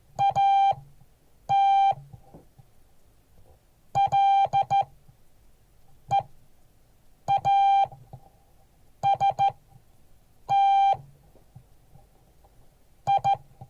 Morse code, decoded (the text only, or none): AT LEAST I